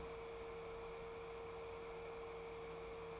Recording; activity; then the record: daily activity, microphone in the room; open fridge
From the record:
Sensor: 1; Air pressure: 1014.8 hPa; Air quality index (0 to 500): 191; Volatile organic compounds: 21 ppm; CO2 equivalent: 2707 ppm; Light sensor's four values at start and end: 15/37/15/17 and 15/37/15/18